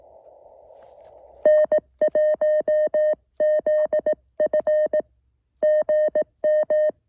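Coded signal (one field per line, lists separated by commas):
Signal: Morse code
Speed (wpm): 18 wpm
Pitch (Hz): 620 Hz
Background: music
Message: N1ZF GM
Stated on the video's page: QRP SOTA summit activation.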